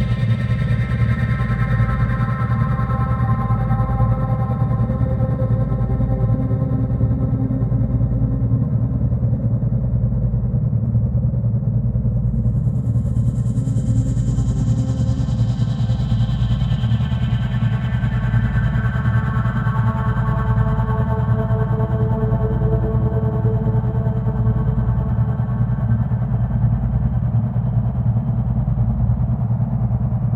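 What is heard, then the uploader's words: Binaural beats: a steady, heavy low drone holds at an even level throughout, with stacked humming tones layered above it. From about thirteen seconds, a bright whistling tone sweeps slowly downward while the middle tones drift and shift until the end. 9' Binaural Beats & White Noise.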